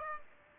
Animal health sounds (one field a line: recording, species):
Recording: mosquito wingbeat signal from an infrared sensor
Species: Aedes aegypti